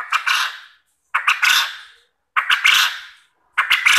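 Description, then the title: Four loud, harsh quail bursts, each beginning with quick clicks and fading out, about 1.2 seconds apart. Quail call used as a lure to make quail answer and call vigorously. "Burung Puyuh Mana Yang Tidak Nyaut Dan Gacor Dengan Pancingan Ini"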